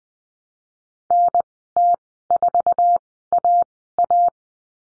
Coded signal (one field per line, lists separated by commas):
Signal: Morse code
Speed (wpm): 20 wpm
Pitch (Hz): 700 Hz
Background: none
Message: NT4AA